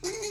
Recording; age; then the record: pig call; weaner (32 to 43 days)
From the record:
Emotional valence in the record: negative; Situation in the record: long isolation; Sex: female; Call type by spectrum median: low-frequency call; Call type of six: high-frequency stable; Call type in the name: high-frequency stable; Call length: 0.30 s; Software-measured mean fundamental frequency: 450 Hz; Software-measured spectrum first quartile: 425 Hz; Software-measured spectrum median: 2032 Hz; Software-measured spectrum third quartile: 5658 Hz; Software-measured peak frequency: 370 Hz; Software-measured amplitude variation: 120 dB a second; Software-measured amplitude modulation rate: 14.8 a second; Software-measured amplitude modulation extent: 8.2 dB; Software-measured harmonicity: 6.7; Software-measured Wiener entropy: -2.61